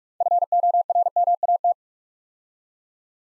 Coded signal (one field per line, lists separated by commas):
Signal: Morse code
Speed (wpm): 44 wpm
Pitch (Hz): 700 Hz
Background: none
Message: FORMAT